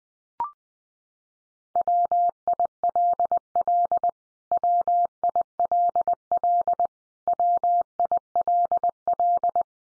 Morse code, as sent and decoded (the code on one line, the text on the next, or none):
.-- .. .-.. .-.. / .-- .. .-.. .-.. / .-- .. .-.. .-..
WILL WILL WILL